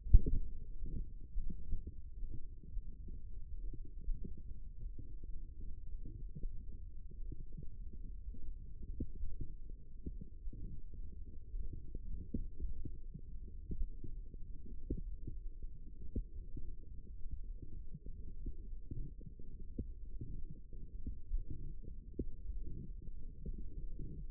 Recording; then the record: forearm muscle sounds (acoustic myography)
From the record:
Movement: forearm supination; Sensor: system 1, eight BSWA MPA416 microphones around the upper forearm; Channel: 2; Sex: male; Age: 23 years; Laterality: right